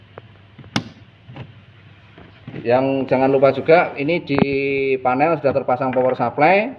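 A second cable connector is pushed into an LED panel module after the first one has already clicked in, and it snaps home with a sharp click at 0.8 s, with fainter taps around 0.2 s and 1.4 s. The connector is seated, and from about 2.6 s someone talks.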